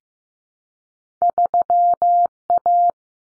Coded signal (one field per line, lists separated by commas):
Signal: Morse code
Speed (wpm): 15 wpm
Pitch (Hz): 700 Hz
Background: none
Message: 3A